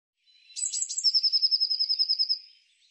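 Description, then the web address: Bird song: two or three buzzy high notes leading into a quick, evenly pulsed trill of high notes that fades at the end. "cianscape birddata Deverinetal 2025 File cleaned normalized Bird Cy Ca"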